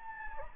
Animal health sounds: mosquito wingbeat signal from an infrared sensor; Anopheles gambiae

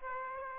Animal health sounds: mosquito wingbeat signal from an infrared sensor; Aedes aegypti

